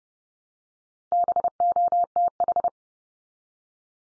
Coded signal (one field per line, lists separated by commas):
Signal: Morse code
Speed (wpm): 30 wpm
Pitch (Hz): 700 Hz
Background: none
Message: BOTH